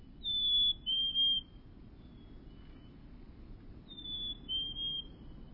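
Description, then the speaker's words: Black-capped Chickadee song: clear whistled two-note phrases, a higher note sliding to a slightly lower one, given twice over a low background rumble. "Even in the ruthless grip of winter, when the snow crunches beneath your boots, an ember glows in the lilt of a black-capped chickadee."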